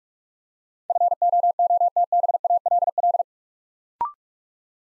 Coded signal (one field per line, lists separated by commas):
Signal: Morse code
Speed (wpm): 44 wpm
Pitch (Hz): 700 Hz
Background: none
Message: FOOTBALL